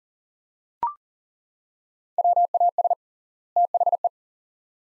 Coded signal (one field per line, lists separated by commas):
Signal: Morse code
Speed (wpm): 40 wpm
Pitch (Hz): 700 Hz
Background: none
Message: WAS THE